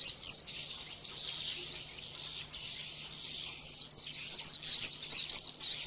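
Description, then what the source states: White-eye song: a continuous high, thin twitter that breaks into a fast run of sharp, sweeping notes near the end. Audio therapy for caged white-eyes.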